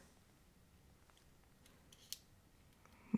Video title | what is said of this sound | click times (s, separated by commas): Apple Watch SE 2 (2022) Unboxing (44mm Starlight, 2nd Gen) | but it's the same type of thing we just slide it in and listen for the click okay | 2.1 s